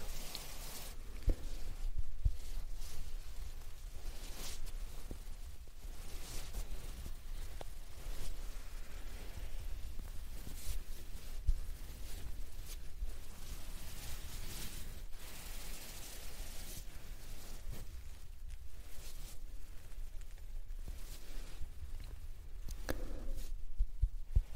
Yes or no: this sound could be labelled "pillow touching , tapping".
yes